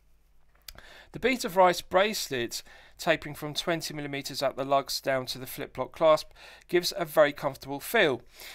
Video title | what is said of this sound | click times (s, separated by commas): Tactical Frog Sub 300T (Doxa Sub 300T Homage) 4K Watch Review | good positive click to the two button push flip block clasp and good positive click to the flip lock itself so the quality is good | 0.7 s, 0.8 s